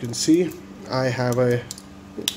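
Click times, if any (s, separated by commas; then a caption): 2.3 s. A metal diver's clasp on a wristwatch bracelet, an Iridium Torpedo 300, is closed on the wearer's wrist while someone talks. A single sharp snap at 2.3 seconds locks it shut with a nice, solid click.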